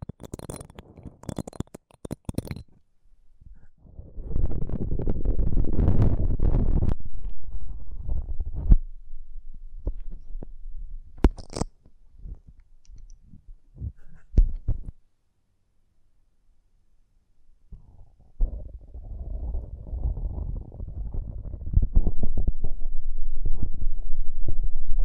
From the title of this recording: ASMR 100+ Hypnotizing Triggers